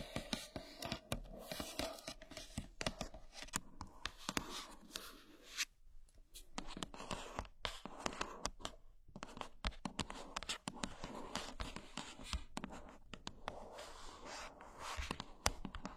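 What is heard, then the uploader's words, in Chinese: Rapid tapping and clicking, dense and irregular with a crinkly edge, briefly pausing near six and nine seconds. 舒压疗愈的敲击音。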